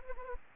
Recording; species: mosquito wingbeat signal from an infrared sensor; Anopheles gambiae